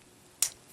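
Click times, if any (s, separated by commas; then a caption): 0.4 s. The untabbed arm of a plastic transforming robot figure is extended at its forearm extension joint until it gives a sharp, bright click at 0.4 s. The click confirms the arm has gone all the way to full extension, and a second short tick follows near the end of the clip.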